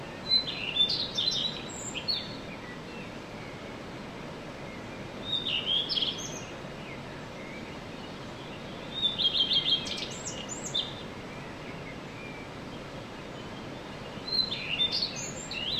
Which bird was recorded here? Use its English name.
Common Redstart